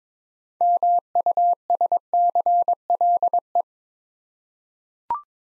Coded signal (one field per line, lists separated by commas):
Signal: Morse code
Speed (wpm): 22 wpm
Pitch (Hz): 700 Hz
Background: none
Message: MUSCLE